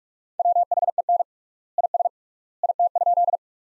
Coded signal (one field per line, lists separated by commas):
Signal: Morse code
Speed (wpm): 47 wpm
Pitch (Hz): 700 Hz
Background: none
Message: WHEN IS IT?